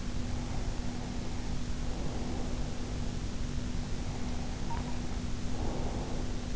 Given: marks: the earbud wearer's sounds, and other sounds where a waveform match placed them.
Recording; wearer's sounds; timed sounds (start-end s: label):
sounds in sleep by an in-ear microphone; breath
0.27-3.20 s: breath
3.96-6.55 s: breath